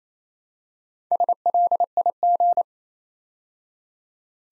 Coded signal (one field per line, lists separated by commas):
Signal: Morse code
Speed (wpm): 28 wpm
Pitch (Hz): 700 Hz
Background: none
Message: SLIG